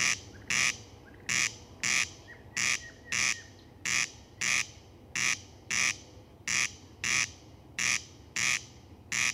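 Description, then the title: Corn Crake giving its grating two-part rasp, crex-crex, repeated at an even pace. "Ruisrääkkä"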